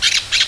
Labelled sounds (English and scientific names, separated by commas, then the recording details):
Brown-throated Parakeet (Eupsittula pertinax) contact call
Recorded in Venezuela
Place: Guárico; Corozopando; Fundo La Fe
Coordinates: 8.506, -67.593